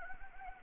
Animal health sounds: mosquito wingbeat signal from an infrared sensor; Anopheles arabiensis

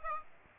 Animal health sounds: mosquito wingbeat signal from an infrared sensor; Aedes aegypti

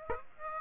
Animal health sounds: mosquito wingbeat signal from an infrared sensor; Aedes aegypti

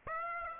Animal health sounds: mosquito wingbeat signal from an infrared sensor; Aedes aegypti

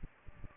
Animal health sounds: mosquito wingbeat signal from an infrared sensor; Aedes aegypti

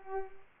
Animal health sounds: mosquito wingbeat signal from an infrared sensor; Culex pipiens

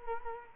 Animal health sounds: mosquito wingbeat signal from an infrared sensor; Culex quinquefasciatus

